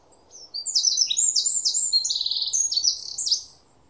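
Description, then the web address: Bird calls, a rapid run of high chirps tumbling over each other for about three seconds. "cianscape birddata Deverinetal 2025"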